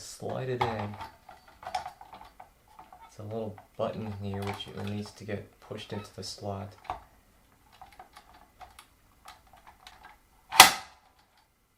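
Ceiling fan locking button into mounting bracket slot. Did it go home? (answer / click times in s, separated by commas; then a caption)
yes / 10.6 s. Someone talks while sliding a ceiling fan assembly into place and pushing its small spring locking button into the slot on the mounting bracket, with faint scattered taps along the way. A loud, sharp snap at 10.6 s marks the button seating in the slot.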